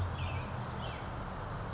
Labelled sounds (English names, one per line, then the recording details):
California Towhee
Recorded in Sonoma County, California